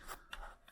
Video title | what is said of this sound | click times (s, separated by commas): Range Rover L322 Steering Wheel Paddle Shift Retro Fit Kit - Review & Fitting | and then it's a question of squeezing a two together and make sure click into place and I got that one | 0.3 s